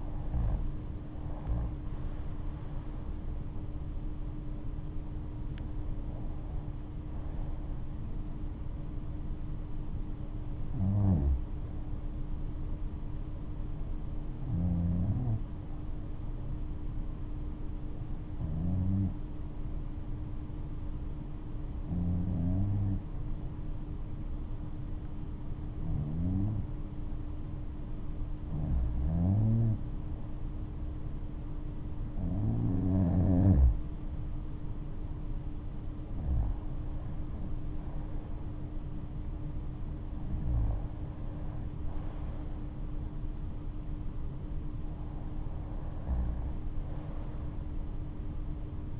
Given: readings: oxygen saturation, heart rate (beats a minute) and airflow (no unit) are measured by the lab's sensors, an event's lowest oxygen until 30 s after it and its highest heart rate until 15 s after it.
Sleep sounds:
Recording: breathing in sleep by a smartphone at the bedside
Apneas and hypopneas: 1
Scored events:
19.00-32.80 s: hypopnea (REM, oxygen 97% highest, then 94% lowest, heart rate 67 at the start, 72 highest)
From the record:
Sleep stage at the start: REM sleep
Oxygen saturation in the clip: 94 to 97%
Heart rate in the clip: 60 to 77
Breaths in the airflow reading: 12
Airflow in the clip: -11.4 to 11.7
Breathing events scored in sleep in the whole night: 228 in 5.4 hours asleep

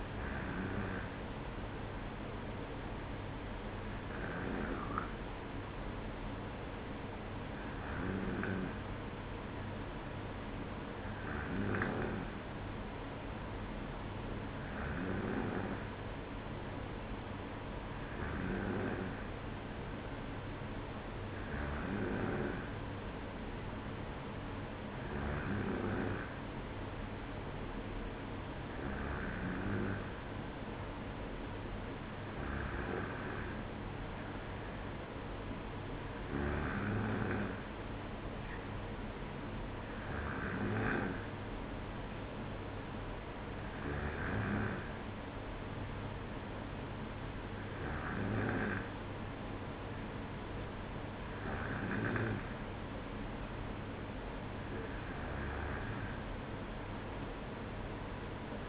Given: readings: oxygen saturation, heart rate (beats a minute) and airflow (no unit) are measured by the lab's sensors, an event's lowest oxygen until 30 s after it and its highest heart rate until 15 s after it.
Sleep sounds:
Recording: breathing in sleep by a voice recorder at the bedside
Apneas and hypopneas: none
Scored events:
none scored
From the record:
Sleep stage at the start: N2 (light sleep)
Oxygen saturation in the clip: 93 to 94%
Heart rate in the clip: 55 to 58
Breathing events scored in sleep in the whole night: 305 in 9.6 hours asleep

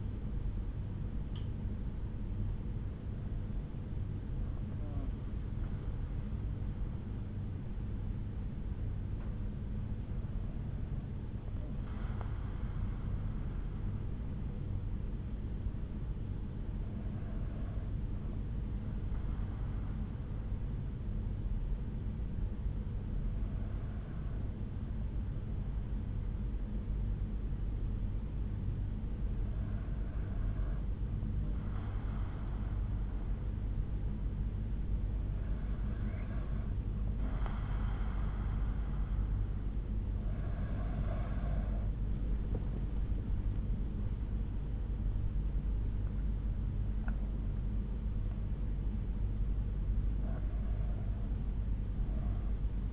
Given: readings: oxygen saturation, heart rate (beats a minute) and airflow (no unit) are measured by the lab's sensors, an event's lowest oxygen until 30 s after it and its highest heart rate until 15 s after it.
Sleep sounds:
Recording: breathing in sleep by a smartphone at the bedside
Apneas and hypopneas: 1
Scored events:
4.00-44.60 s: hypopnea (N2, oxygen 95% highest, then 93% lowest)
From the record:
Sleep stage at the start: N2 (light sleep)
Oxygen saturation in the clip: 93 to 95%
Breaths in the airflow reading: 9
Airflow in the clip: -7.9 to 8.0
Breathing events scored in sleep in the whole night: 368 in 8.0 hours asleep

